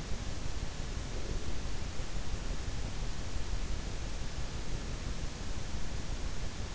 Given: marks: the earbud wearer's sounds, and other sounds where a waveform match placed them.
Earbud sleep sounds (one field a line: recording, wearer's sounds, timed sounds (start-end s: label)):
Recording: sounds in sleep by an in-ear microphone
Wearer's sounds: breath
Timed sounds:
0.94-1.95 s: breath